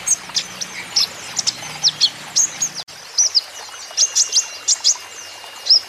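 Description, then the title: Van Hasselt's sunbird song: clear, high chirps and downslurred ticks in quick succession, with one brief dropout. Green-plumaged (ijoan) kolibri ninja (konin) in constant 'gacor' song, used as a lure and therapy for untrained konin, which are sure to answer. "KOLIBRI NINJA KONIN IJOAN GACOR COCOK UNTUK PANCINGAN TERAPI KONIN BAHAN PASTI NYAUT"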